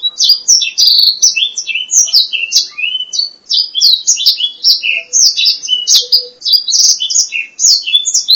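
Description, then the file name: Black-throated laughingthrush singing a long, fast stream of varied high whistles, slurred upward and downward notes and bright chattering phrases, continuous with brief dips. "suara kicauan burung blacksang. omkicau"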